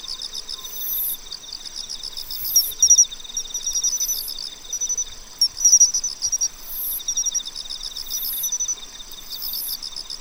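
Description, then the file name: Pine cricket chirping: brief ringing notes over layered insect trills, with loud high buzzy bursts recurring throughout. "Matsumushi"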